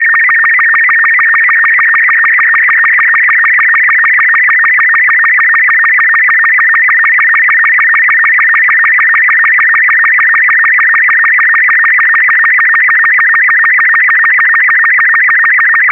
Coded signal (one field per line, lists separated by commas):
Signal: SSTV (slow-scan television)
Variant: Robot 36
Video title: N6NA SSTV Net - 06/14/2023